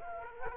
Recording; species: mosquito wingbeat signal from an infrared sensor; Culex quinquefasciatus